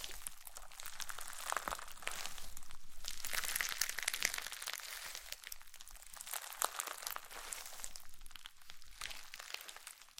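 Slime is squished and crinkled in dense, bright crackling bursts, with sharper pops around two, four and six seconds and brief quieter dips.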